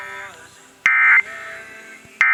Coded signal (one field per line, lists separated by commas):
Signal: Emergency Alert System (SAME) tones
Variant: end-of-message bursts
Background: speech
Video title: Virginia's Monthly... | EAS #1-4 | Required Monthly Test (RMT) | May 12th, 2026